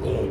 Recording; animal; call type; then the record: contact call of a hoofed animal; pig; closed-mouth grunt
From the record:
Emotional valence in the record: negative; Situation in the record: short social isolation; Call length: 0.31 s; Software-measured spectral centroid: 1330 Hz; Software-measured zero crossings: 860 a second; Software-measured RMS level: -24 dBFS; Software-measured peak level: -14 dBFS